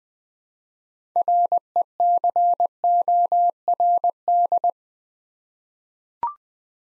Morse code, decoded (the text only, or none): RECORD